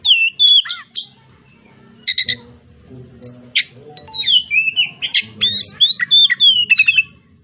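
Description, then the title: Oriental magpie-robin delivering clear whistles and harsh clipped notes in bursts, then a fluid run of rising and falling whistled phrases, with faint low rumbling beneath. Described as 'gacor', meaning singing vigorously and nonstop; 'Tretes' type. "Kacer Tretes"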